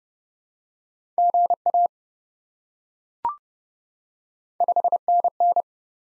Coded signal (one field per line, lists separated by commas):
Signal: Morse code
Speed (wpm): 31 wpm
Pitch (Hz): 700 Hz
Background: none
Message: GA 5NN